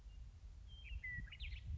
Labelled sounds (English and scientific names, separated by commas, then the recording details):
Western Meadowlark (Sturnella neglecta)
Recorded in Sonoma County, California